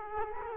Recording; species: mosquito wingbeat signal from an infrared sensor; Culex quinquefasciatus